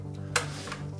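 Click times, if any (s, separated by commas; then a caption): 0.4 s. While the transmission is mated to the engine block of an Evo 9 with an ACT twin-disc clutch, the throwout bearing is pushed into the clutch pressure plate and locks in with one sharp click at 0.4 s, followed by a fainter tap at about 0.7 s. A steady low hum runs underneath throughout, and the bearing is now seated and locked.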